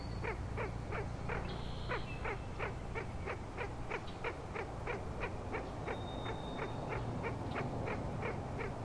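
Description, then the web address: Frog pulses in a long steady run, near three per second, over a low hum with faint high whistles. Frog chorus recorded at Grafton Lake on 3 May 2009. "The Frog Chorus Tunes Up On Grafton Lake"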